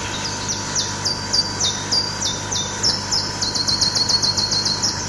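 Iberian chiffchaff singing a series of high, sharply falling whistled notes about three a second, accelerating into a rapid run of notes at the end, over a steady low hum.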